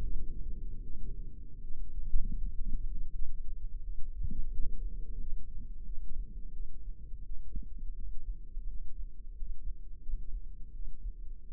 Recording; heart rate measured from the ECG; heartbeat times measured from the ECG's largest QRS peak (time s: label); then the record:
heart sounds by microphone in the left ear; 85 bpm
0.81 s: heartbeat
1.60 s: heartbeat
2.36 s: heartbeat
3.10 s: heartbeat
3.80 s: heartbeat
4.49 s: heartbeat
5.17 s: heartbeat
5.83 s: heartbeat
6.50 s: heartbeat
7.22 s: heartbeat
7.93 s: heartbeat
8.65 s: heartbeat
9.32 s: heartbeat
9.99 s: heartbeat
10.70 s: heartbeat
11.45 s: heartbeat
From the record:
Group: healthy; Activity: rest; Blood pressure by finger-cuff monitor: 107/59 mmHg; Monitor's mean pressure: 75 mmHg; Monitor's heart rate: 86 bpm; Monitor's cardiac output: 7.4 L/min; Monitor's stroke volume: 85 mL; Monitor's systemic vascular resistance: 760 dyn s/cm5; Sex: female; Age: 26 years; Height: 165 cm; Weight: 55 kg